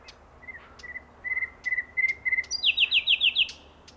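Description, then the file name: Common nightingale song: a string of short whistled notes, then a rapid series of high, sharp repeated notes. "Luscinia megarhynchos"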